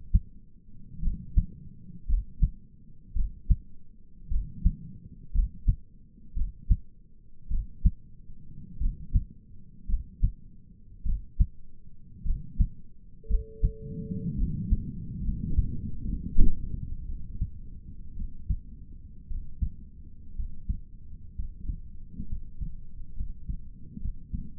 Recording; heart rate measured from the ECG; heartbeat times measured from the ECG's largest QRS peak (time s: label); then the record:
heart sounds by stethoscope; 57 bpm
1.03 s: heartbeat
2.09 s: heartbeat
3.16 s: heartbeat
4.31 s: heartbeat
5.34 s: heartbeat
6.36 s: heartbeat
7.51 s: heartbeat
8.81 s: heartbeat
9.89 s: heartbeat
11.05 s: heartbeat
12.25 s: heartbeat
13.30 s: heartbeat
14.38 s: heartbeat
15.24 s: heartbeat
16.08 s: heartbeat
17.07 s: heartbeat
18.16 s: heartbeat
19.29 s: heartbeat
20.37 s: heartbeat
21.36 s: heartbeat
22.29 s: heartbeat
23.16 s: heartbeat
24.01 s: heartbeat
From the record:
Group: healthy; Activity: rest 0-16 s, Valsalva maneuver 16-25 s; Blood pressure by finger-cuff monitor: 111/68 mmHg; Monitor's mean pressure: 81 mmHg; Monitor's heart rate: 56 bpm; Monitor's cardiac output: 5.2 L/min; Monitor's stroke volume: 95 mL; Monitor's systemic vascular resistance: 1140 dyn s/cm5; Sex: male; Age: 22 years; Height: 181 cm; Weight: 79 kg